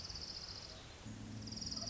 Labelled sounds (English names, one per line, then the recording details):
Orange-crowned Warbler
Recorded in Sonoma County, California